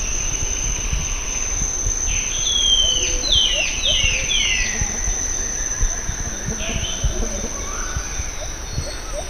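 Bird calls: a cluster of sharp, descending chirps in the first half, then scattered softer notes, with rumbling background noise.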